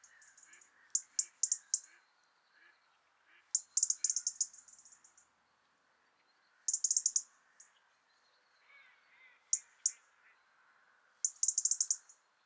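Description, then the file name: European robin giving dry, high ticking calls in quick bursts spaced a few seconds apart, with softer, lower notes between. "Erithacus rubecula"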